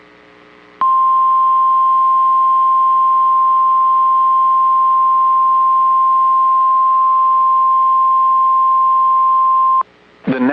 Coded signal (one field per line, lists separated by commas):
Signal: Emergency Alert System (SAME) tones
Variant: 1050 Hz attention tone